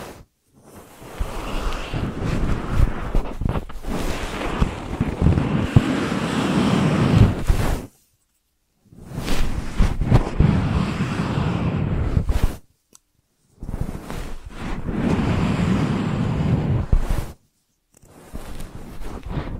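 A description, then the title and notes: ASMR ear treatment sounds: dense, rough rubbing and scratching against the microphone, heavy in the low end with a crackly grain. It comes in long stretches of about seven, four and four seconds, separated by brief silences, with a few faint taps near the end. ASMR 3D Brain Penetrating Ear Treatment.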